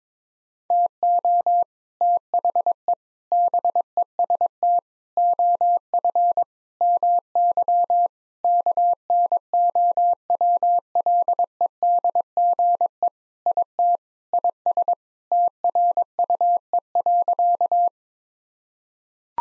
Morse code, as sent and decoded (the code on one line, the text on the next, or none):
- --- / - .... . / -... . ... - / --- ..-. / -- -.-- / -.- -. --- .-- .-.. . -.. --. . / .. - / .. ... / - .-. ..- . .-.-.-
TO THE BEST OF MY KNOWLEDGE IT IS TRUE.